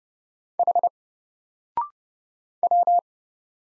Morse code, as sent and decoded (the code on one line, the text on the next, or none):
.... / .--
H W